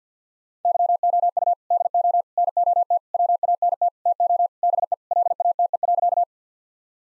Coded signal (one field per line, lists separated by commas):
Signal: Morse code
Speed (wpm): 50 wpm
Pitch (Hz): 700 Hz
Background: none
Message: YOU DO NOT WANT TO BE LATE.